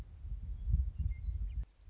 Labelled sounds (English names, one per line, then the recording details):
Western Meadowlark
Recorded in Sonoma County, California